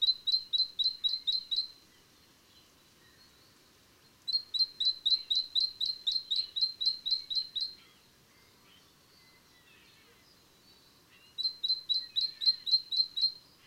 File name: Great-Tit- -Parus-major